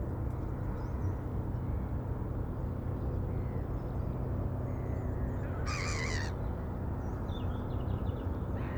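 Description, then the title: Crow gives a single harsh, creaking call lasting under a second, over a steady low rumble of traffic and engines, with faint birdsong above. Crows creaking on a calm morning at a small port waterfront, with busy birdsong, distant highway traffic hum and diesel boat engines. "Ambience. Morning. Small Port, waterfront, calm. Spacious & busy birdsong. Crows creaking."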